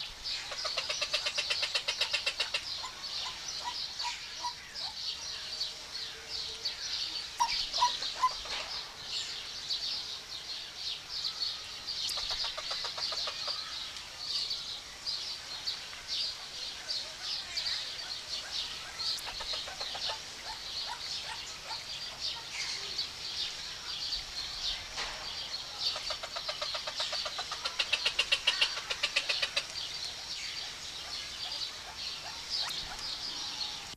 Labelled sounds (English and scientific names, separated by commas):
White-breasted Waterhen (Amaurornis phoenicurus) call